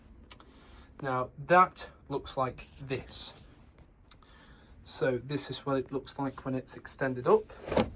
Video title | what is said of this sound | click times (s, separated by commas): Major 6TD | This board folds out and folds up and then locks into place. | 0.3 s